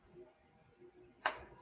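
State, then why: Seated. A steel differential gear part is squared level and pushed onto the shaft of a Tamiya XV-01 RC car's front differential during a rebuild. Faint handling noise leads to a single sharp click at 1.3 s, followed by a brief fading ring. The part is seated, and the parts now spin independently.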